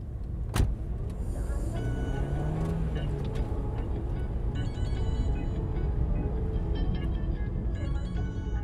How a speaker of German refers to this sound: In seinem Dacia Logan fahren wir ins Karpatendorf Piatra Fintunelle.